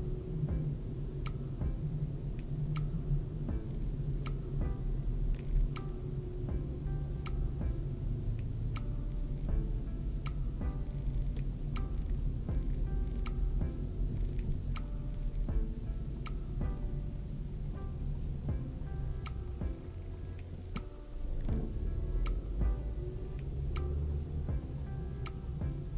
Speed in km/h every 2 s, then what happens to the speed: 38, 39, 39, 37, 33, 29, 28, 25, 24, 16, 8, 10, 19.
0-5 steady at about 39. 5-20 slows to 8. 20-26 speeds up to 19.